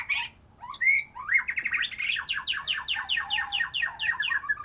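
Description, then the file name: White-rumped shama song: a few varied clear whistles that break into a fast series of repeated, down-slurred notes, bright and rhythmic. "murai batu"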